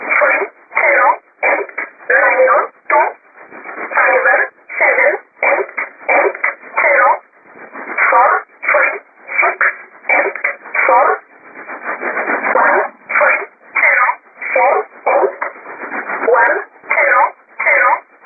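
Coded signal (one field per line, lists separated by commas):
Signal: numbers station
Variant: E11 Oblique, English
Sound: a voice reading short, evenly spaced words, likely numbers, in narrow radio audio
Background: radio static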